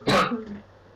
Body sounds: coughing mixed with background sound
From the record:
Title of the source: Barking cough - # 10

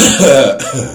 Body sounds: coughing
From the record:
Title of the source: Spring Cold Coughing.

